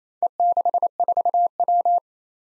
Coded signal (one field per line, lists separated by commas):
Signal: Morse code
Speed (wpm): 27 wpm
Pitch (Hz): 700 Hz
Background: none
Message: E64W